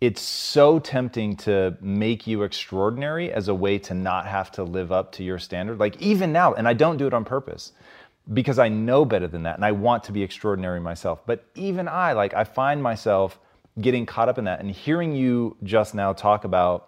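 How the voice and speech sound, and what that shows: Adult man speaking fluently at a conversational pace with steady, clear voicing and brief natural pauses; normal speech.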